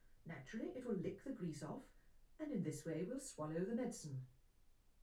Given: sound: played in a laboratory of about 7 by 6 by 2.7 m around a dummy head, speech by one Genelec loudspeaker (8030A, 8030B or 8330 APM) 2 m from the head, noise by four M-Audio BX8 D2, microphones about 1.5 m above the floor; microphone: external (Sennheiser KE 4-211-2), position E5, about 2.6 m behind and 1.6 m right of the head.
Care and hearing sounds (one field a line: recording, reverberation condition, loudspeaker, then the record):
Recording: female speech in English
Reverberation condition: low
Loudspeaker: 120 degrees to the left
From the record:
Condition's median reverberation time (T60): about 310 ms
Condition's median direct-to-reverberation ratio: about 3.5 dB